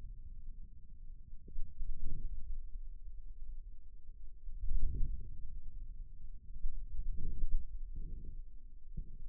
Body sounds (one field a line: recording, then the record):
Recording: forearm muscle sounds (acoustic myography)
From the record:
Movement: hand closing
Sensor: system 2, bracelet of six BSWA MPA416 microphones around the upper forearm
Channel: 4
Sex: male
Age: 22 years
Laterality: right